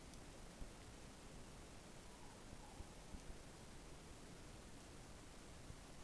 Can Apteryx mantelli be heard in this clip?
no